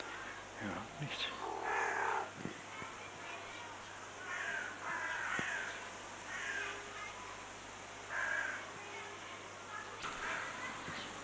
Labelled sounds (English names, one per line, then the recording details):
Pied Crow call
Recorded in captivity
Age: adult
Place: Zoo Berlin, Berlin, DE
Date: 2004-09-17 12:07
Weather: sunny, 19°C
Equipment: Sony WM-D6C, Sennheiser ME 80, Kopie Uher 4000 Report Monitor
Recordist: Tembrock, Günter